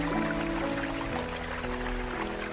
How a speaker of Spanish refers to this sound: Con la mano derecha lo llenamos del agua que cae de los grifos y echamos un poco de agua por la mano izquierda. Seguidamente repetimos lo mismo con la mano contraria.